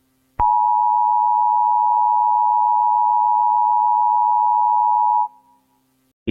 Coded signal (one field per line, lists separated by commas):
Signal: Emergency Alert System (SAME) tones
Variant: 853 and 960 Hz attention tone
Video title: Your new home (S2 ep 3) Emergency Alert System